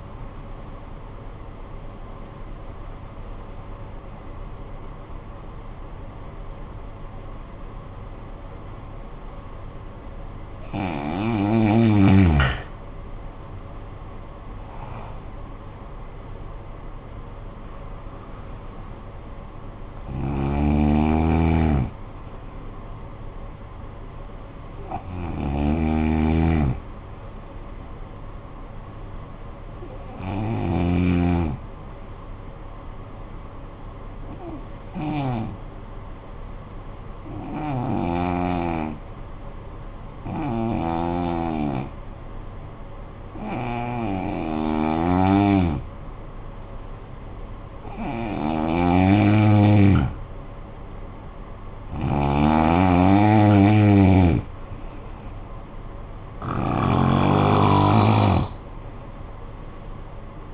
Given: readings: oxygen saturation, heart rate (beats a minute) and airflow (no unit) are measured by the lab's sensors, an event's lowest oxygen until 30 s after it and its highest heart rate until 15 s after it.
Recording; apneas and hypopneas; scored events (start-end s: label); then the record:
breathing in sleep by a smartphone at the bedside; 2
3.00-13.90 s: obstructive apnea (N1, oxygen 96% highest, then 84% lowest, heart rate 54 at the start, 73 highest)
33.00-48.30 s: hypopnea (N1, oxygen 96% highest, then 87% lowest, heart rate 49 at the start, 58 highest)
45.00-60.54 s: new sleep stage, N2 (light sleep)
From the record:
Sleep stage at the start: N1 (lightest sleep); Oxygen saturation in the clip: 84 to 96%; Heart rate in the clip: 48 to 73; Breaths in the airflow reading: 12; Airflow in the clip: -10.7 to 12.9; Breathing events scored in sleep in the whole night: 445 in 7.6 hours asleep